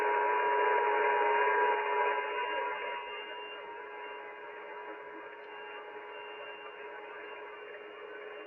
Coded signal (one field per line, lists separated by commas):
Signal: FT8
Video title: Danny Shortwave And Radio DX Live Stream #219 4/25/2025 Happy Friday Sony XDR-S3HD eBay buy Part 1